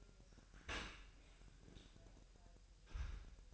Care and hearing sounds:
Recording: daily activity, microphone in the room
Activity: open dishwasher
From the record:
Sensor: 2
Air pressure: 1000.5 hPa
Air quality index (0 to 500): 247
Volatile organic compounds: 93 ppm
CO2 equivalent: 3710 ppm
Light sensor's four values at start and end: 9/22/9/9 and 9/22/9/9

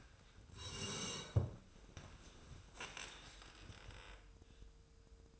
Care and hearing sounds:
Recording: daily activity, microphone in the room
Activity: sit down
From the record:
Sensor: 2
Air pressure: 1005.0 hPa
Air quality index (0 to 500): 102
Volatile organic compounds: 2 ppm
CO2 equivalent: 1233 ppm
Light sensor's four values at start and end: 7/17/7/7 and 7/17/7/7

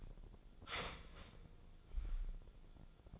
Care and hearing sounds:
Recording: daily activity, microphone in the room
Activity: start toaster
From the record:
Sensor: 5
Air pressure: 1000.3 hPa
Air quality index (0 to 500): 129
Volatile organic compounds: 2 ppm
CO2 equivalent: 1018 ppm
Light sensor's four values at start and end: 82/193/82/89 and 82/193/82/89

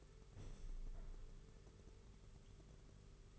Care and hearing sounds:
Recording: daily activity, microphone in the room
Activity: open window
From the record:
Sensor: 4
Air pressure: 991.1 hPa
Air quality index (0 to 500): 154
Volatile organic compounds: 106 ppm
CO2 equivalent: 3792 ppm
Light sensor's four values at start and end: 6/14/5/6 and 6/15/6/6

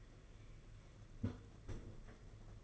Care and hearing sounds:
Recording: daily activity, microphone in the room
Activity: close fridge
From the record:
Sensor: 4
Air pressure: 992.6 hPa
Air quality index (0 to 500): 168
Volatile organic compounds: 235 ppm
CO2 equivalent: 4320 ppm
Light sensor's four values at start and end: 19/65/24/25 and 19/66/24/25

